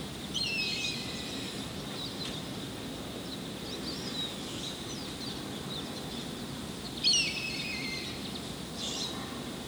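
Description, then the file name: Hawk calling with hoarse, downward-sweeping screams, one near the start and a louder one about seven seconds in, against constant hissing background noise. Hawks in a canyon at Santa Monica, California, 26 March 2007. "03-26-07-Santa Monica CA Canyon Hawks"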